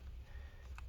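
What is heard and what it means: A laptop battery cable connector on an ASUS S510U (S510UN-NH77) is pushed back into its socket on the motherboard. Low background hum runs under the clip, then a single sharp, short click comes at 0.8 s as the connector seats.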